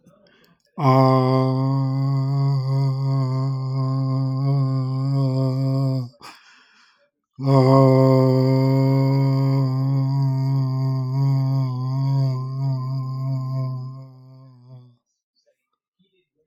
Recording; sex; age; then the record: vowel held as long as possible; male; 70 to 79 years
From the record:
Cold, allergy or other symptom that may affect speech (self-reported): no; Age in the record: 73 years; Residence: Virginia, United States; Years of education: 16